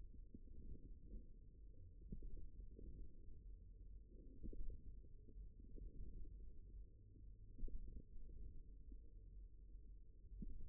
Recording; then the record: forearm muscle sounds (acoustic myography)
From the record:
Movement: wrist flexion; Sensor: system 1, eight BSWA MPA416 microphones around the upper forearm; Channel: 4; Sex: male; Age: 54 years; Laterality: right